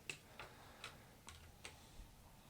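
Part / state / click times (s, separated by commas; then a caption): twist-lock limb piece into the prop's connecting socket / not seated / none. A broken wooden-look plastic twist-lock limb piece from the 76-inch Animated Harvester of Souls prop by Home Depot / Tekky, with epoxy spread along its side, is handled, pushed and twisted toward its locking connecting socket. A series of short, sharp ticks sounds against a faint background, with the strongest near 0.1 s and 1.7 s. Nothing has seated or clicked into place yet.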